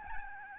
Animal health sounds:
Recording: mosquito wingbeat signal from an infrared sensor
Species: Aedes albopictus

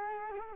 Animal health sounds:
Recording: mosquito wingbeat signal from an infrared sensor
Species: Culex quinquefasciatus

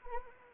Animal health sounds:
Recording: mosquito wingbeat signal from an infrared sensor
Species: Anopheles arabiensis

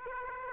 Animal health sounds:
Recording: mosquito wingbeat signal from an infrared sensor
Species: Aedes aegypti

